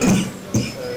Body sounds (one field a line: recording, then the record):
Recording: coughing mixed with background sound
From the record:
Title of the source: Spring Cold Coughing.